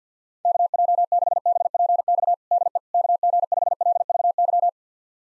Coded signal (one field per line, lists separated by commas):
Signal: Morse code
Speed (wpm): 50 wpm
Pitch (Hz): 700 Hz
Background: none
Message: KJ6BPX DE KG5LVY